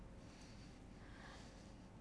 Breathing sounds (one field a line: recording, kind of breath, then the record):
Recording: one breath in and out by a microphone near the nose and mouth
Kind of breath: deep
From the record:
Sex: male